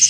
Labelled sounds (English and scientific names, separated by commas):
Hooded Warbler (Setophaga citrina) flight call